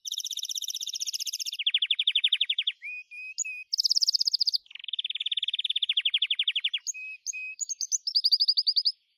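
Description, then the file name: Gloster canary pouring out continuous song: rich buzzy rolls, fast rattling trills and short whistled notes alternating in quick succession. "canto do canario gloster"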